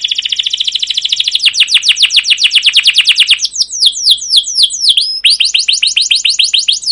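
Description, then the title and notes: Canary song: a fast trill of repeated notes flowing into series of sweeping downslurred notes and chattering phrases, steady and continuous. Song used as a lure and master recording for training young canaries to learn sounds; emotional, long chirping 'cuit cuit' style song. "CUIT CUIT NGEROL LANGSUNG GACOR PANJANG Kenari Ini AMPUH Utk Pancingan KENAR. PANCINGAN Kenari GACOR PANJANG Cuit CUIT EMOSI ini AMPUH utk MASTERAN Kenari PAUD belajar BUNYI. burung kenari"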